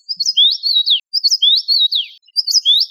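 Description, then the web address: Common rosefinch whistling a clear, sweet phrase of rising and falling slurred notes, repeated with short gaps. "Carpodacus erythrinus"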